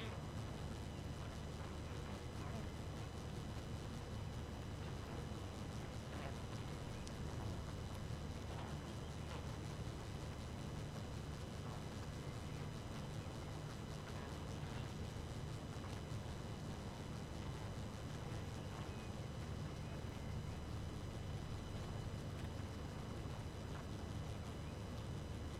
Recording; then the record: honeybee colony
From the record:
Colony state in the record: active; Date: 12 June 2018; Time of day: 2:48